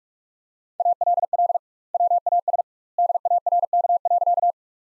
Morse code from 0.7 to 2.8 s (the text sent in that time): ALL WAS